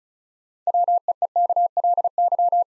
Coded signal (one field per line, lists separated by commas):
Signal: Morse code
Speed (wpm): 36 wpm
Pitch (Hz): 700 Hz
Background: none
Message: WEEKLY